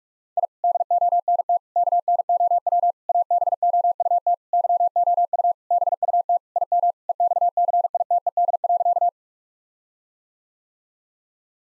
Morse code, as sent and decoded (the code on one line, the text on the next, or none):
.. / -.. --- -. - / -.- -. --- .-- / .- -... --- ..- - / -.-- --- ..- / -... ..- - / .. -- / . -..- -.-. .. - . -.. .-.-.-
I DONT KNOW ABOUT YOU BUT IM EXCITED.